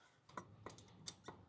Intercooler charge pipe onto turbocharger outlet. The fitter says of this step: There we go, there's our click.